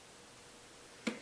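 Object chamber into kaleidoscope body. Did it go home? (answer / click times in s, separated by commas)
no / none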